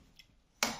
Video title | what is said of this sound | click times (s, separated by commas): Вощили ножны, АРДОНЕЦ с нами не вощил... | тоже Со щелчком тоже обалденно | 0.6 s